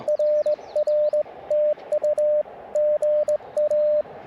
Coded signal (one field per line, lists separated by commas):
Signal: Morse code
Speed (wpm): 20 wpm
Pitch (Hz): 600 Hz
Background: radio noise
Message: RR TU GA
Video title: Unexpected DX on QRP CW POTA Activation 5/4/23 @ K-4451